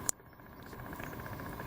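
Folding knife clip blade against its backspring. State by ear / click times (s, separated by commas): not seated / none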